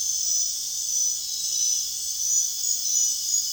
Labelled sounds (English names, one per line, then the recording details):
none
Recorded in dense forest near Puerto Asís, Putumayo, Colombia, on 22 June 2025 at 21:30
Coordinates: 0.466, -76.327
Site GP04